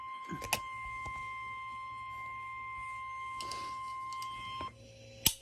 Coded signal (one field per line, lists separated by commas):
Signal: Emergency Alert System (SAME) tones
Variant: 1050 Hz attention tone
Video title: Huge scared emergency Alert system Bomb threat with virus 3 suspects dead ￼